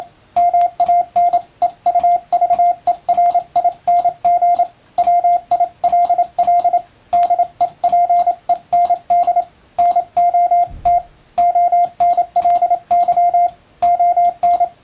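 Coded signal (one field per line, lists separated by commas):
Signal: Morse code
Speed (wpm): 27 wpm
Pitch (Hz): 700 Hz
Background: radio noise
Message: MANEUVERING WILL DEPEND NOT ONLY ON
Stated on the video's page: Morse practice of plain English text sent with an electronic keyer, somewhat fast.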